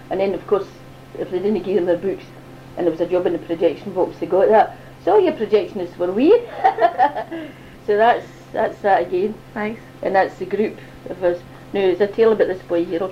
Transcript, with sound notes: And then of course, if they didn't give them their books and there was a job in the projection box they got that. So all your projectionists were wee! [laughs] So that's, that's that again. And that's the group of us. No, there's a tale about that boy here.